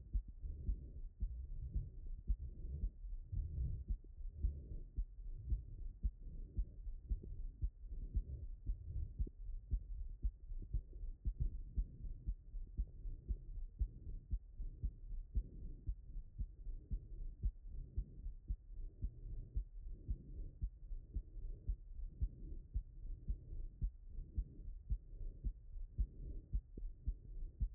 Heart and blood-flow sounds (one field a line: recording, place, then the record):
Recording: heart sounds by stethoscope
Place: aortic valve (AV)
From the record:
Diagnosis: non-HFrEF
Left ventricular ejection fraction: 57%